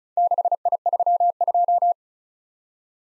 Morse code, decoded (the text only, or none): 6I32